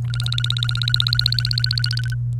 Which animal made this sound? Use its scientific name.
Serinus canaria